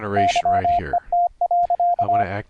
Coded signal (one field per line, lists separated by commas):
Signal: Morse code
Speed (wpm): 25 wpm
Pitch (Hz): 700 Hz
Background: speech, radio noise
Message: YET.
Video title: Morse Code QSO over the internet - software setup - config 4 - EhoCW, Reaper, CW REGENERATION